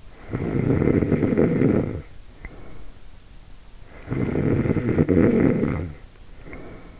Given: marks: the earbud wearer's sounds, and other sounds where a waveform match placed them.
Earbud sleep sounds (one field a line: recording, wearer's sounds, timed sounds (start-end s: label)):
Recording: sounds in sleep by an in-ear microphone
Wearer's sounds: snoring breath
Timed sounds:
0.08-3.06 s: snoring breath
3.97-7.00 s: snoring breath